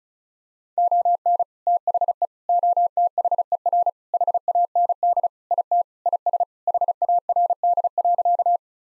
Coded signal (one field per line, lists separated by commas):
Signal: Morse code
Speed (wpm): 36 wpm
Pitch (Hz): 700 Hz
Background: none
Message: ON THE OTHER HAND IT IS HARD.